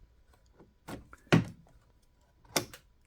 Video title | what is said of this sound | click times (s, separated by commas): COMPARISON Delta Pro Delta Pro 3 and Delta Pro Ultra Comparison | you hear it lock and then if I zoom in a little bit I want you to see | 1.3 s